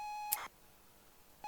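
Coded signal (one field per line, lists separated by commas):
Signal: ZX Spectrum tape loading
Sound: steady buzzy lead tone, a short harsh data burst, silence, then the tone returns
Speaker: let's do tape load I don't know if this is a tape loader but we'll give it a try anyway Superbike Trans Am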